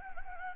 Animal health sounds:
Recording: mosquito wingbeat signal from an infrared sensor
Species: Anopheles gambiae

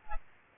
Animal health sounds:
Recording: mosquito wingbeat signal from an infrared sensor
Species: Aedes aegypti

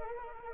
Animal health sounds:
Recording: mosquito wingbeat signal from an infrared sensor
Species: Anopheles arabiensis

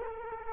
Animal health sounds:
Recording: mosquito wingbeat signal from an infrared sensor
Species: Culex quinquefasciatus

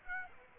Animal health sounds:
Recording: mosquito wingbeat signal from an infrared sensor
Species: Aedes aegypti

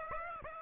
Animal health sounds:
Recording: mosquito wingbeat signal from an infrared sensor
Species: Aedes aegypti

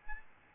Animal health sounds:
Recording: mosquito wingbeat signal from an infrared sensor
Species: Aedes albopictus

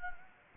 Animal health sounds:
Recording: mosquito wingbeat signal from an infrared sensor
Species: Anopheles gambiae

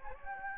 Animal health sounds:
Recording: mosquito wingbeat signal from an infrared sensor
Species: Anopheles gambiae

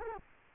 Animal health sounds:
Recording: mosquito wingbeat signal from an infrared sensor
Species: Culex quinquefasciatus

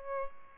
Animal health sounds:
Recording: mosquito wingbeat signal from an infrared sensor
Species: Aedes albopictus

